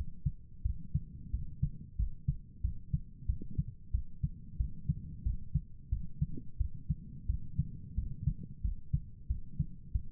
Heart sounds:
heart sounds by stethoscope; 90 bpm
0.62 s: heartbeat
1.31 s: heartbeat
1.96 s: heartbeat
2.61 s: heartbeat
3.26 s: heartbeat
3.91 s: heartbeat
4.57 s: heartbeat
5.23 s: heartbeat
5.89 s: heartbeat
6.57 s: heartbeat
7.26 s: heartbeat
7.95 s: heartbeat
8.61 s: heartbeat
9.27 s: heartbeat
9.92 s: heartbeat
From the record:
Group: healthy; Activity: rest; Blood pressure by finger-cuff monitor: 104/75 mmHg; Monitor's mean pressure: 83 mmHg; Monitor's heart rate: 91 bpm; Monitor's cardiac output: 7 L/min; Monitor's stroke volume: 77 mL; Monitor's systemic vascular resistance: 870 dyn s/cm5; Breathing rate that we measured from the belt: 18 breaths a minute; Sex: male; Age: 19 years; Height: 178 cm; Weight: 83 kg

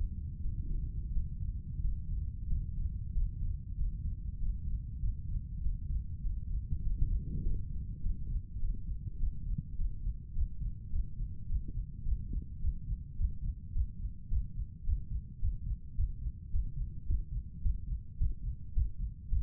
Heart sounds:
heart sounds by stethoscope; 102 bpm
0.40 s: heartbeat
1.10 s: heartbeat
1.79 s: heartbeat
2.46 s: heartbeat
3.11 s: heartbeat
3.74 s: heartbeat
4.37 s: heartbeat
4.98 s: heartbeat
5.60 s: heartbeat
6.20 s: heartbeat
6.80 s: heartbeat
7.40 s: heartbeat
7.99 s: heartbeat
8.58 s: heartbeat
9.16 s: heartbeat
9.74 s: heartbeat
10.32 s: heartbeat
10.89 s: heartbeat
11.45 s: heartbeat
12.02 s: heartbeat
12.58 s: heartbeat
13.15 s: heartbeat
13.71 s: heartbeat
14.27 s: heartbeat
14.83 s: heartbeat
15.39 s: heartbeat
15.94 s: heartbeat
16.50 s: heartbeat
17.05 s: heartbeat
17.61 s: heartbeat
18.16 s: heartbeat
18.72 s: heartbeat
19.28 s: heartbeat
From the record:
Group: healthy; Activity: Valsalva maneuver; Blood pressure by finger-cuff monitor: 89/70 mmHg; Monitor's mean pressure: 75 mmHg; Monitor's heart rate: 104 bpm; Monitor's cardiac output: 6.7 L/min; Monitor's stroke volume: 66 mL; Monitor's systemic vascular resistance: 800 dyn s/cm5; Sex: male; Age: 35 years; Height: 180 cm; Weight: 86.9 kg

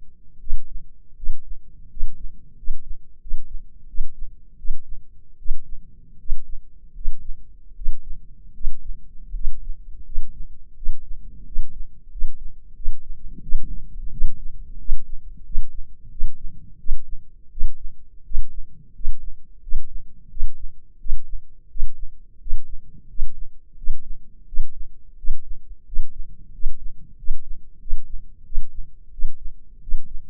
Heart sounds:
heart sounds by microphone in the left ear; 86 bpm
0.39 s: heartbeat
1.15 s: heartbeat
1.89 s: heartbeat
2.55 s: heartbeat
3.19 s: heartbeat
3.87 s: heartbeat
4.57 s: heartbeat
5.37 s: heartbeat
6.18 s: heartbeat
6.93 s: heartbeat
7.74 s: heartbeat
8.53 s: heartbeat
9.33 s: heartbeat
10.04 s: heartbeat
10.75 s: heartbeat
11.45 s: heartbeat
12.10 s: heartbeat
12.74 s: heartbeat
13.41 s: heartbeat
14.11 s: heartbeat
14.78 s: heartbeat
15.44 s: heartbeat
16.10 s: heartbeat
16.78 s: heartbeat
17.50 s: heartbeat
18.24 s: heartbeat
18.93 s: heartbeat
19.61 s: heartbeat
20.29 s: heartbeat
20.98 s: heartbeat
21.68 s: heartbeat
22.39 s: heartbeat
23.08 s: heartbeat
23.76 s: heartbeat
24.46 s: heartbeat
25.16 s: heartbeat
25.85 s: heartbeat
26.52 s: heartbeat
27.16 s: heartbeat
27.79 s: heartbeat
28.44 s: heartbeat
29.11 s: heartbeat
29.81 s: heartbeat
From the record:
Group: healthy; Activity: rest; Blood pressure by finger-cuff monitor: 173/122 mmHg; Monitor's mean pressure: 132 mmHg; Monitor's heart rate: 86 bpm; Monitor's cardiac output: 6.6 L/min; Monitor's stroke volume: 77 mL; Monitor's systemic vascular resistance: 1510 dyn s/cm5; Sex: male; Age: 23 years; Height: 179 cm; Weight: 87 kg

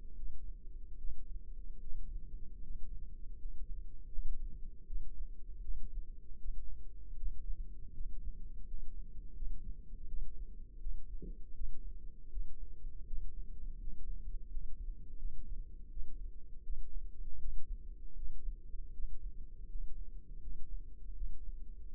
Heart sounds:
heart sounds by microphone in the left ear; 80 bpm
0.14 s: heartbeat
0.95 s: heartbeat
1.78 s: heartbeat
2.60 s: heartbeat
3.35 s: heartbeat
4.07 s: heartbeat
4.84 s: heartbeat
5.59 s: heartbeat
6.36 s: heartbeat
7.14 s: heartbeat
7.91 s: heartbeat
8.64 s: heartbeat
9.32 s: heartbeat
10.05 s: heartbeat
10.77 s: heartbeat
11.51 s: heartbeat
12.28 s: heartbeat
13.03 s: heartbeat
13.77 s: heartbeat
14.47 s: heartbeat
15.15 s: heartbeat
15.88 s: heartbeat
16.60 s: heartbeat
17.36 s: heartbeat
18.13 s: heartbeat
18.90 s: heartbeat
19.65 s: heartbeat
20.38 s: heartbeat
21.12 s: heartbeat
21.86 s: heartbeat
From the record:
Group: healthy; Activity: rest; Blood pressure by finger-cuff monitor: 95/52 mmHg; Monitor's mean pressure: 66 mmHg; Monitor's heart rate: 80 bpm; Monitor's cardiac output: 7 L/min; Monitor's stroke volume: 88 mL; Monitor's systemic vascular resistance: 670 dyn s/cm5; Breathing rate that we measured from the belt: 11 breaths a minute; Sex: female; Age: 26 years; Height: 165 cm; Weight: 55 kg

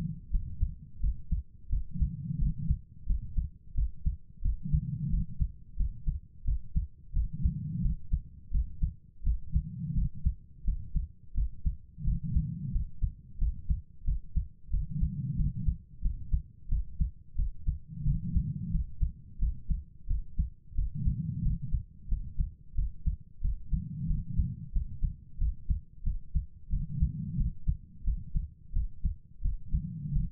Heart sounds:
heart sounds by stethoscope; 89 bpm
0.30 s: heartbeat
0.99 s: heartbeat
1.68 s: heartbeat
2.37 s: heartbeat
3.05 s: heartbeat
3.73 s: heartbeat
4.41 s: heartbeat
5.09 s: heartbeat
5.75 s: heartbeat
6.43 s: heartbeat
7.12 s: heartbeat
7.80 s: heartbeat
8.50 s: heartbeat
9.22 s: heartbeat
9.93 s: heartbeat
10.63 s: heartbeat
11.33 s: heartbeat
12.03 s: heartbeat
12.71 s: heartbeat
13.37 s: heartbeat
14.03 s: heartbeat
14.69 s: heartbeat
15.35 s: heartbeat
16.00 s: heartbeat
16.67 s: heartbeat
17.34 s: heartbeat
18.03 s: heartbeat
18.70 s: heartbeat
19.38 s: heartbeat
20.06 s: heartbeat
20.74 s: heartbeat
21.41 s: heartbeat
22.07 s: heartbeat
22.74 s: heartbeat
23.40 s: heartbeat
24.06 s: heartbeat
24.71 s: heartbeat
25.37 s: heartbeat
26.02 s: heartbeat
26.68 s: heartbeat
27.36 s: heartbeat
28.03 s: heartbeat
28.72 s: heartbeat
29.40 s: heartbeat
30.11 s: heartbeat
From the record:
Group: healthy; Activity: rest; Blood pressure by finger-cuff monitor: 126/75 mmHg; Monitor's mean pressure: 93 mmHg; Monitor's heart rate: 88 bpm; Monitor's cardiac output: 7.3 L/min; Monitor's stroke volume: 82 mL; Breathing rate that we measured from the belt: 22 breaths a minute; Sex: female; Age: 32 years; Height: 172 cm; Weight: 71.7 kg

